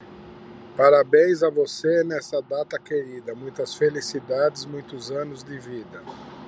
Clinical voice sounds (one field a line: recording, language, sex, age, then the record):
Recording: short text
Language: Brazilian Portuguese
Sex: male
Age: 60 to 69 years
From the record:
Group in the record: control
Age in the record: 61 years